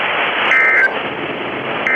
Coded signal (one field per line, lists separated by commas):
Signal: Emergency Alert System (SAME) tones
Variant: end-of-message bursts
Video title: [RECREATIONAL EAS] - severe thunderstorms go mach one now